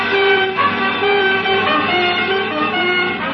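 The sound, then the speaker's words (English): A car races along a street while a horn blares almost continuously, loud, steady tones wavering slightly in pitch over a constant rush of engine and road noise. “As you speed along the street, it suddenly occurs to you exactly what's happening.”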